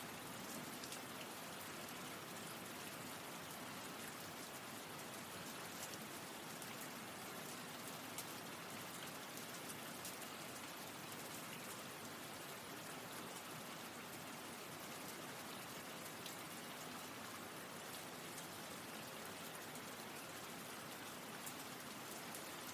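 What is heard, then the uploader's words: Light rain falls steadily and densely on a road, a bright, even patter with tiny drop ticks and no traffic or other sounds. Light Rain Road. Light Rain Sounds | City Streets. All Raw and mixed audio recorded on: Focusrite Scarlett CM25, Focusrite Scarlett 2i2 Audio interface. Gentle, Light Rain Sounds.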